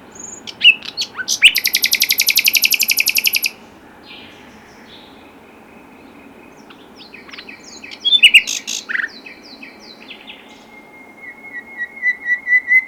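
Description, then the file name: Common nightingale song: sharp chirps, then a long rapid machine-gun trill of about two seconds, a pause, and later varied clicking and fluty phrases. "Luscinia megarhynchos"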